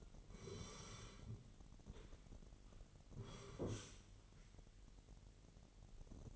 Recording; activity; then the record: daily activity, microphone in the room; sit down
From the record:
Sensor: 4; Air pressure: 999.4 hPa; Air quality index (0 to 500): 105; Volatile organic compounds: 2 ppm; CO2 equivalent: 1034 ppm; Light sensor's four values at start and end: 11/26/11/12 and 11/26/11/12